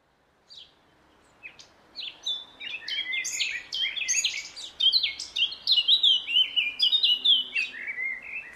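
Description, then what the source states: Blackcap song: a rich, varied warble of quick high notes, sparse at first, then running fast and continuously for several seconds. Rich, varied warble, usually starting with chattering and finishing with a flourish of flute-like notes; longer pauses than garden warbler.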